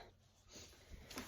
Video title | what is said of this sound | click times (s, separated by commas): Graco SnugRide35 Lite LX Review | and it clicks into the SnugRide base. | 1.2 s